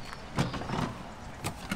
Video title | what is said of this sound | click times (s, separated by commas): Vantour - Présentation de notre camping-car pour un Roadtrip de 22 jours en Australie | on remet c'estéclipsé c'est terminé on referme | 1.5 s, 1.7 s